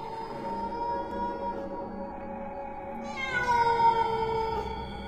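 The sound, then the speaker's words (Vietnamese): A cat meows in the dark in a long, drawn-out wail, then swells into a louder, higher-pitched yowl partway through, with no talking. “Huấn đang cau mày nhìn trong bóng tối thì tiếng của con mèo kêu lên”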